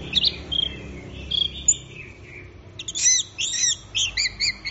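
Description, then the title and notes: Orange-headed thrush song: varied whistles and slurs, then a dense burst of rapid notes in the final seconds. Gacor (in full song) birds, recording used for training songbirds. "Anis Merah Gacor Teler. Kumpulan Suara Burung Anis"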